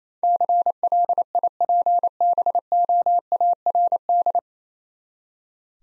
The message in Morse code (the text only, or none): CLIPBOARD